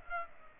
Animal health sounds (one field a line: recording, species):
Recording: mosquito wingbeat signal from an infrared sensor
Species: Aedes aegypti